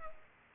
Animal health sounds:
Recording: mosquito wingbeat signal from an infrared sensor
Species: Culex pipiens

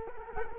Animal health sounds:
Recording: mosquito wingbeat signal from an infrared sensor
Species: Culex quinquefasciatus

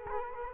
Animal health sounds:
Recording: mosquito wingbeat signal from an infrared sensor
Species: Culex quinquefasciatus

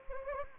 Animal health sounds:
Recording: mosquito wingbeat signal from an infrared sensor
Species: Anopheles gambiae

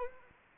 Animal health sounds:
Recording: mosquito wingbeat signal from an infrared sensor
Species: Anopheles arabiensis

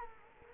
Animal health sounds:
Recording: mosquito wingbeat signal from an infrared sensor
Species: Culex quinquefasciatus

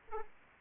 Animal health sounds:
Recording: mosquito wingbeat signal from an infrared sensor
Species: Aedes aegypti

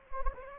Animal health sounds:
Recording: mosquito wingbeat signal from an infrared sensor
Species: Anopheles gambiae

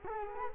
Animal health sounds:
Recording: mosquito wingbeat signal from an infrared sensor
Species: Culex quinquefasciatus

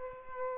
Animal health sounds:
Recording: mosquito wingbeat signal from an infrared sensor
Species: Aedes albopictus

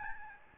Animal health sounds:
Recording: mosquito wingbeat signal from an infrared sensor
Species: Aedes albopictus

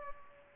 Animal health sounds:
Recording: mosquito wingbeat signal from an infrared sensor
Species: Culex pipiens

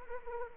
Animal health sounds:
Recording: mosquito wingbeat signal from an infrared sensor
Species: Anopheles arabiensis

